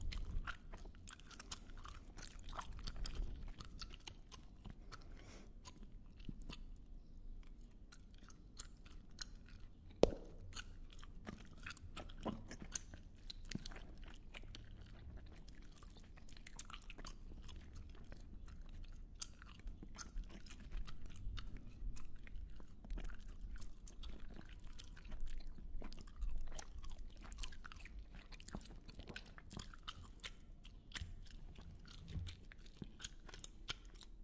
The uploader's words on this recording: ASMR Heavenly Close MOUTH SOUNDS.